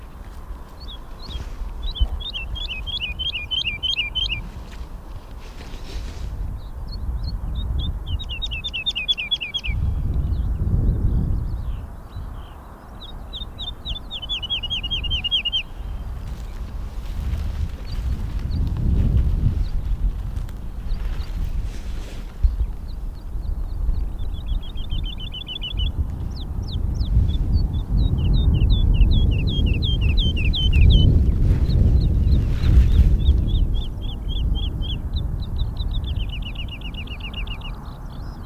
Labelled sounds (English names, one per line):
Wood Lark